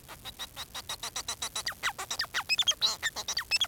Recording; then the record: song of a male Bengalese finch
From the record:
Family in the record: son of father 4